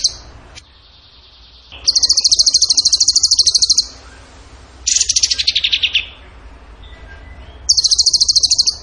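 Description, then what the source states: Bird song in rapid buzzy trills, four bursts separated by pauses, one of them lower and falling in pitch. Masteran training recording, tembakan gacor song style.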